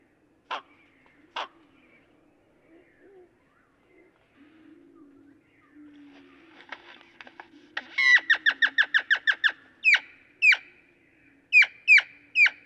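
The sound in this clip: Great-tailed grackle calls: scattered sharp clicks, then a fast run of harsh clacking notes followed by slower sharp chips, with a low hum throughout.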